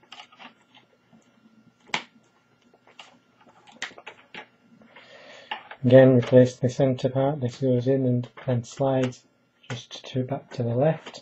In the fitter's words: should just click into place at the top